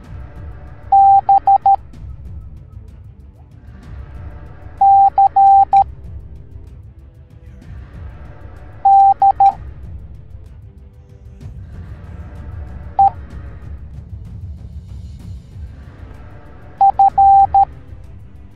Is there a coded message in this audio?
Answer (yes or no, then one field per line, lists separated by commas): yes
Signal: Morse code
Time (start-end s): 0.9-17.6 s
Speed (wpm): 13 wpm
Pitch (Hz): 790 Hz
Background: music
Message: B C D E F